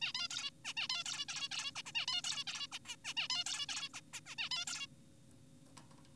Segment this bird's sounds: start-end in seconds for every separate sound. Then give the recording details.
0.02-0.13, 0.15-0.28, 0.31-0.50, 0.65-0.73, 0.77-0.88, 0.90-1.03, 1.05-1.25, 1.29-1.49, 1.51-1.72, 1.76-1.82, 1.86-1.92, 1.95-2.06, 2.08-2.22, 2.24-2.44, 2.48-2.67, 2.72-2.79, 2.85-2.96, 3.05-3.14, 3.17-3.27, 3.30-3.44, 3.46-3.66, 3.69-3.89, 3.94-4.00, 4.13-4.20, 4.26-4.36, 4.38-4.50, 4.51-4.65, 4.67-4.87. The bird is an adult. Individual g4p5U